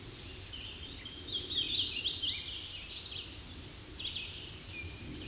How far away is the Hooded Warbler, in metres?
about 30 m